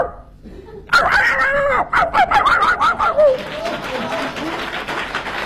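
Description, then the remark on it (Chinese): A man vocally imitates how a city dog barks, letting out a quick series of yapping barks, about five or six loud, pitched yelps in rapid succession after a brief quiet moment. “这山里狗叫唤跟咱城里的怎么不一样啊？”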